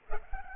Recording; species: mosquito wingbeat signal from an infrared sensor; Culex pipiens